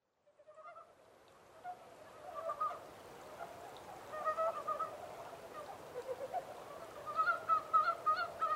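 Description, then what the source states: Montane brown frog chorus building up, scattered low croaks becoming a denser run of rapid clucking notes toward the end. 14 April 2010.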